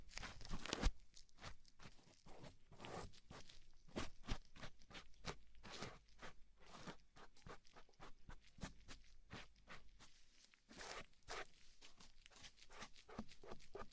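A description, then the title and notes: Ear cleaning: dense, irregular scratching and rubbing crackles, bright and rapid, with a sharp louder scrape near the start. Ear Cleaning For Endless Tingles! No Talking.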